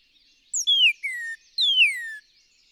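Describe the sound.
Northern cardinal song: a few rich whistles gliding downward in pitch, separated by short gaps.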